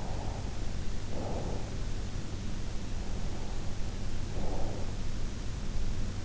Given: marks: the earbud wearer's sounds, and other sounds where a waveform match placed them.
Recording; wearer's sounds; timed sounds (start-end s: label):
sounds in sleep by an in-ear microphone; breath
0.05-2.31 s: breath
3.07-5.30 s: breath